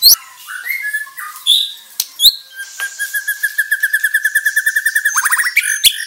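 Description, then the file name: White-rumped shama song: a few whistled notes and clicks, then a long, even, rapid trill of repeated notes that ends in a quick flourish. Murai Bordan type. "Suara Murai Bordan"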